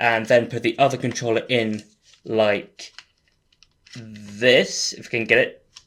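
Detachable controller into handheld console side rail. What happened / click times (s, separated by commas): The part is being handled and has not yet snapped home / none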